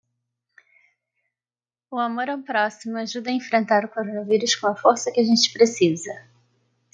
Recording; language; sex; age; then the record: spoken sentence; Brazilian Portuguese; female; 20 to 29 years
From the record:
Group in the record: control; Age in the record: 27 years